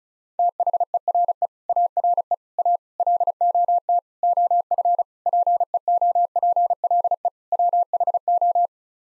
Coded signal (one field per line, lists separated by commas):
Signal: Morse code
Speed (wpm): 36 wpm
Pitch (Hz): 700 Hz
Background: none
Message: THERE ARE A LOT OF PEOPLE WHO